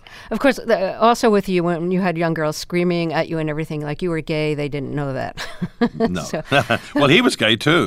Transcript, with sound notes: Of course, also with you, when you had young girls screaming at you and everything, like, you were gay. They didn't know that (laughter).
No (laughter). Well, he was gay, too.